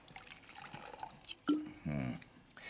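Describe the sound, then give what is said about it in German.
Water is poured into a glass in two short bursts, a soft splash followed by a brief gurgling trickle, over faint background murmur. “Haben Sie noch etwas Wasser”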